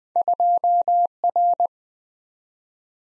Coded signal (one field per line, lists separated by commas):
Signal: Morse code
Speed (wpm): 20 wpm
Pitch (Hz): 700 Hz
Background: none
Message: 2R